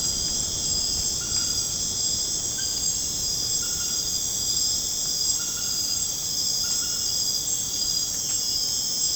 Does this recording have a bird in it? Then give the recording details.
no. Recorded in dense forest near Puerto Asís, Putumayo, Colombia, on 30 June 2025 at 21:00. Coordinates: 0.486, -76.317. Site G065